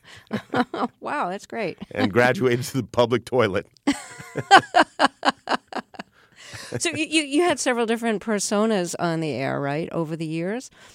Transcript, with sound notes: Wow, that's great.
And graduated to the public toilet.
(LAUGHTER)
So you had several different personas on the air, right, over the years.